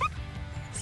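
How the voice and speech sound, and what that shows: A single brief, high-pitched mouse-like squeak from an adult woman, then quiet room noise: a simple vocal tic of Tourette syndrome.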